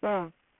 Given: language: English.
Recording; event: throat vibration sensor signal played as sound; speech